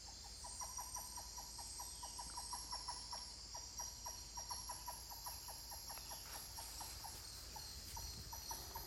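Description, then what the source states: Titi monkey pulsed calls, a fairly even stream of short notes, under a continuous insect chorus. More than one titi monkey calling.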